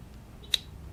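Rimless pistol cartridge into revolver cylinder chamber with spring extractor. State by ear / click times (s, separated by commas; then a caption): seated / 0.5 s. A rimless .380 ACP cartridge is pushed tightly into a chamber of a Charter Arms Pit Bull revolver's cylinder, which has a spring extractor. A single sharp, loud snap at 0.5 s marks the cartridge seating in place.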